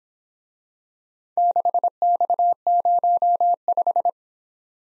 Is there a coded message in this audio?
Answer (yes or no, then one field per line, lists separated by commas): yes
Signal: Morse code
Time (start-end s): 1.4-4.1 s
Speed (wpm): 27 wpm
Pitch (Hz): 700 Hz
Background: none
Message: 6X05